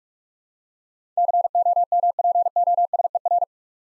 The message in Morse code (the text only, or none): COMPOSER